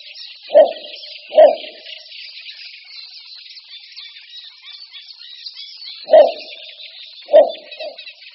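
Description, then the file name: Little bittern producing deep barks, two, then a long quiet gap, then two more and a softer one, while a shrill buzzing chorus runs underneath. "Bukáček malý"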